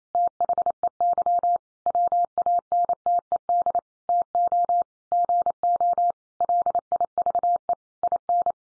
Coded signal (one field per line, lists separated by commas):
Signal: Morse code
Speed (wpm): 28 wpm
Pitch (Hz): 700 Hz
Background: none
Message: THEY WANTED TO GO LIVE IN